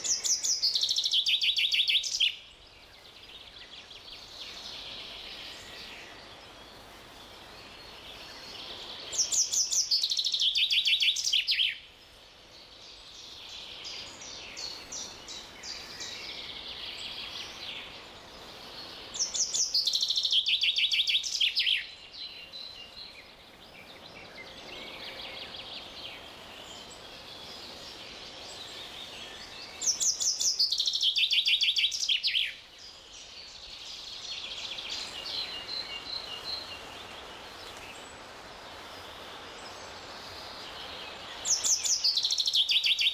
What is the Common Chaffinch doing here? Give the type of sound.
song